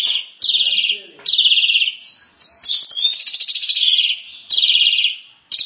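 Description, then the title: Starling song: long buzzy, rattling high phrases separated by short pauses. "Kicau Burung Jalak"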